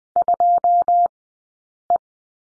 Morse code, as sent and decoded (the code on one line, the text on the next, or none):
..--- .
2E